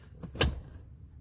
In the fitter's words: as soon as you lift this up you'll hear a click